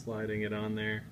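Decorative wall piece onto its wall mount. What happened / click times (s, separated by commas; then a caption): Handled, not yet seated: the piece is being slid onto its mount with no click / none. A decorative wall-hung head is slowly slid onto its wall mount while someone talks throughout the clip. The piece is meant to snap into place flush with the wall, but nothing has seated or clicked yet.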